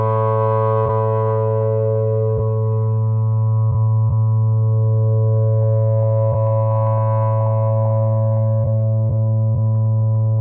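Processed sine tones hold a steady, stacked drone, strongest in a low hum with a ladder of even overtones above it. Short clicks break in irregularly, about ten times, and a faint hiss swells in the upper range twice.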